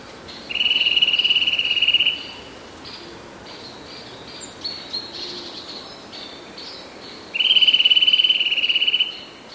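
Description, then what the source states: Eurasian nuthatch trilling: two fast, steady high-pitched trills of about two seconds each, separated by a long gap with faint calls from other birds. Fastest trills of the song.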